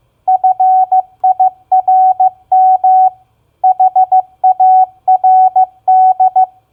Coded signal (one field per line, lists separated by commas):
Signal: Morse code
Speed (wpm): 15 wpm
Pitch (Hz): 750 Hz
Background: none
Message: FIRM HARD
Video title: Morse Code Practice Word Recognition SOFT-FIRM-HARD 15wpm